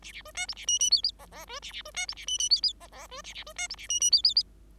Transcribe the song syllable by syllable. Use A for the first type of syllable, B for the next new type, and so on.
A A B C D A E E F F G G B A A B C D A E E F F G G B A A B C D A E E F F F